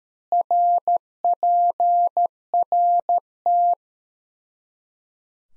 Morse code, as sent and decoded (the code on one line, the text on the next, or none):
.-. .--. .-. -
RPRT